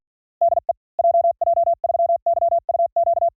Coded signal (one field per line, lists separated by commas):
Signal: Morse code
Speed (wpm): 46 wpm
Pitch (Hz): 720 Hz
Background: none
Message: DE JJ3YUQ